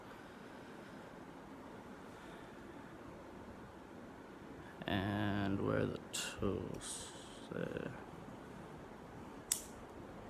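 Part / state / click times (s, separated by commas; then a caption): cutting tool blade in multitool handle / seated / 9.5 s. A cutting tool blade is opened out of a steel multitool handle and locks in place with a single sharp click at 9.5 s. Before that, someone talks over a low steady background hiss.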